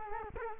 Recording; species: mosquito wingbeat signal from an infrared sensor; Culex quinquefasciatus